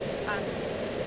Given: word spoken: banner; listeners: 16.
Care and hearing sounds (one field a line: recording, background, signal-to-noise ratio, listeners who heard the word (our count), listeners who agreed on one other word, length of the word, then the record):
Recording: one English word in noise, from a listening test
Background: speech-shaped noise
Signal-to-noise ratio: -6.4 dB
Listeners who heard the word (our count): 0 of 16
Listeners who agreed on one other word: 6 of 16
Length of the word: 0.67 s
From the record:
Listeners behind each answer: 6, 1, 1, 1, 1, 1, 1, 1, 1, 1, 1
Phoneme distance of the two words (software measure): 10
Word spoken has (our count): 2 syllables, 4 phonemes, stress on syllable 1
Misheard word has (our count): 1 syllable, 4 phonemes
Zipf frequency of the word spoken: 3.54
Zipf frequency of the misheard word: 4.94